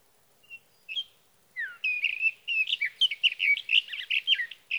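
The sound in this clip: Sage thrasher song opening with a few separate whistled notes and a falling slur, then building into a fast, jumbled stream of warbled phrases.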